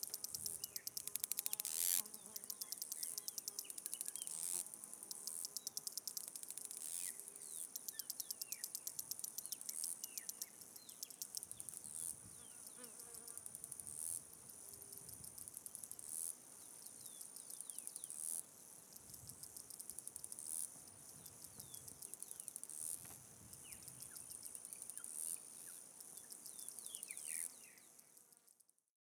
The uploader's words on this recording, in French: Chapada Diamantina - Insectes. Paysage sonore pris au parc de Chapada Diamantine (Brésil).